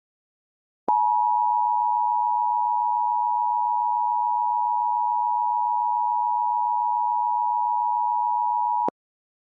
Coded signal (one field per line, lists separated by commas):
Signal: Emergency Alert System (SAME) tones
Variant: 853 and 960 Hz attention tone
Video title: The Triggering (Troll EAS Scenario)